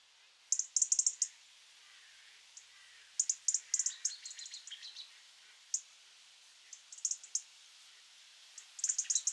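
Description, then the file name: European robin giving sharp, dry ticking calls in rapid clusters, with some single ticks between, over a soft hiss. "Erithacus rubecula"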